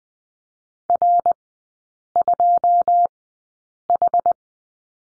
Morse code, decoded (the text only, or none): R2H